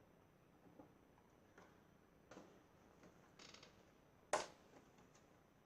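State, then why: Seated. A RAM memory module is reseated into a motherboard DIMM slot to make sure it is seated properly. Faint handling ticks and rustles lead up to one loud, sharp snap at 4.3 seconds as the retention clips close, and the module is seated.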